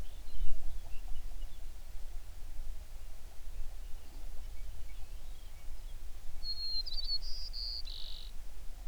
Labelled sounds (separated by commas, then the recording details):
songbird
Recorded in the Prudhoe Bay oil fields, Alaska, on 11 June 2019 at 05:10
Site 21